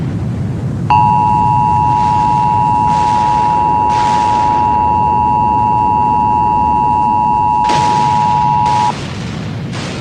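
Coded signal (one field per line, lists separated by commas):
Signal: Emergency Alert System (SAME) tones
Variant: 853 and 960 Hz attention tone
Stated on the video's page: Fictional EAS scenario.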